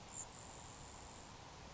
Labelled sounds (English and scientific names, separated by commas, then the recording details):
Grasshopper Sparrow (Ammodramus savannarum)
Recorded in Sonoma County, California